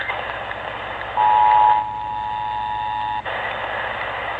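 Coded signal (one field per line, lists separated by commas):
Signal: Emergency Alert System (SAME) tones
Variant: 853 and 960 Hz attention tone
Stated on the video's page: AMBER Alert received by DXing an AM broadcast station on 1160 kHz.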